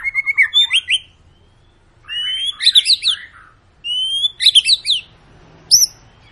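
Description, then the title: White-rumped shama delivers short bursts of rich whistled and trilled phrases separated by short pauses. Long lure recording of an active, persistently singing bird, meant to prompt other birds to sing. "Pancingan Murai Batu Gacor Panjang"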